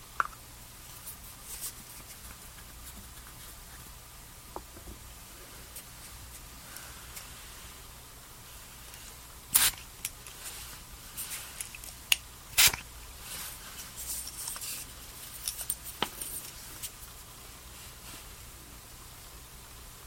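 Skincare and makeup sounds: soft clicks, taps and brief scrapes over a faint steady hum. Handling is sparse early on, with sharp bright snaps near 9.5 and 12.5 seconds, then busier rustling and tapping from about 13 to 17 seconds.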